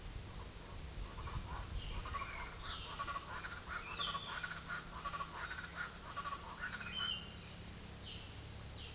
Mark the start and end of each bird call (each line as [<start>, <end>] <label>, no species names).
[0.89, 7.44] bird call
[7.79, 8.23] bird call
[8.60, 8.93] bird call